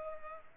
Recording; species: mosquito wingbeat signal from an infrared sensor; Culex pipiens